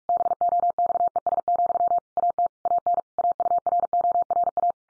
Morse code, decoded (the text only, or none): BOXES, AT AN AURORA